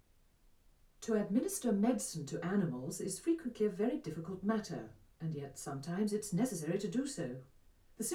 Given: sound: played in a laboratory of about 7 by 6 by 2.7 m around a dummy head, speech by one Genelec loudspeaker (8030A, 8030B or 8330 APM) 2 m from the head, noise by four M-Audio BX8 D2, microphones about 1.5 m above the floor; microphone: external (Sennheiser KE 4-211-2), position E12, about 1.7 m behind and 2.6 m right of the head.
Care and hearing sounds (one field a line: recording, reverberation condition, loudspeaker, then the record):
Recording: female speech in English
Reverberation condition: low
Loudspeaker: 90 degrees to the left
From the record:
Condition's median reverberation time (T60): about 310 ms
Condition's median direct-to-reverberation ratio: about 3.5 dB